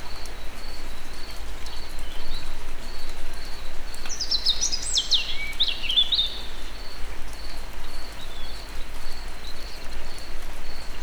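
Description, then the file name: European robin singing one short phrase of high, thin, wavering notes that slide and twitter, set against a regular pulsing insect-like drone and steady background noise. Recorded in nature. "vorosbegy egerturistahaz"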